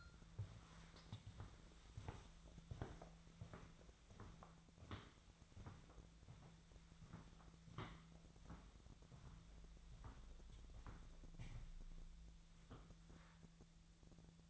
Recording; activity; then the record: daily activity, microphone in the room; walk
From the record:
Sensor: 3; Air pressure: 1008.3 hPa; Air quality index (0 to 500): 192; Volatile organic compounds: 14 ppm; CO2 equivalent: 2465 ppm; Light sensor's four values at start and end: 16/39/17/17 and 16/38/16/17